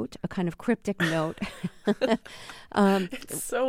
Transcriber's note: laughter